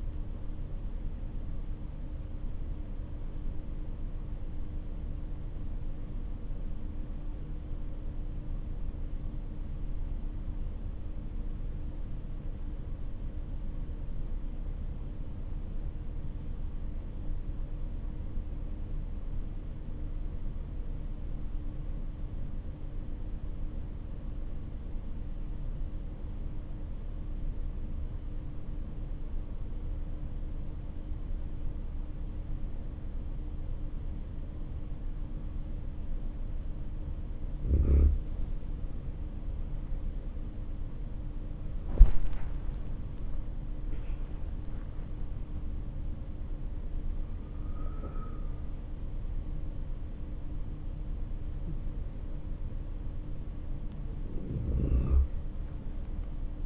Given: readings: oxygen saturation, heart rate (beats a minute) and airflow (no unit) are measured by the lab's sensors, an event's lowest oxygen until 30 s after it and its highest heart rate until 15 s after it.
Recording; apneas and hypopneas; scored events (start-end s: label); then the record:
breathing in sleep by a smartphone at the bedside; 1
8.00-37.40 s: obstructive apnea (REM, oxygen 96% highest, then 86% lowest)
From the record:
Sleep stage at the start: REM sleep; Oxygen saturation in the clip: 85 to 96%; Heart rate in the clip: 55 to 69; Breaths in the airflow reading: 5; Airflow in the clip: -12.9 to 14.7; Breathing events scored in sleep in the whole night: 304 in 5.6 hours asleep